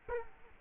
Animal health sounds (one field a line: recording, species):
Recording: mosquito wingbeat signal from an infrared sensor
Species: Culex quinquefasciatus